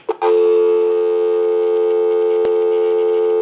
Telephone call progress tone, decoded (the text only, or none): dial tone